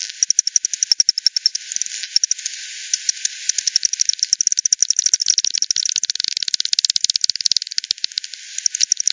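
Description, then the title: Bat clicks coming in irregular trains, thinning for a moment, then a long steady run of fast evenly spaced ticks. Multiple bats at Hogsmill River, Hogsmill Lane, 7 October 2020, 18:10; bat-detector recording frequency-divided by 10, band-pass filtered and resampled. "WW bat 20201007 T 18 : 10 Z-Hogsmill-Lane-Hogsmill-River-multiple-bats"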